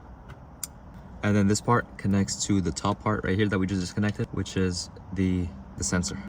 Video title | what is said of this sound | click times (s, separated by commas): Mangoal Dash Cam Review (OEM Look!) | You'll hear it click as well. | 0.6 s